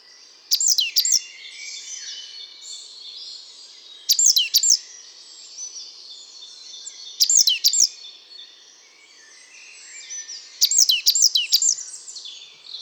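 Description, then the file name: Great tit calls: four bursts of rapid, high, sharp notes spaced roughly three seconds apart. "Parus major"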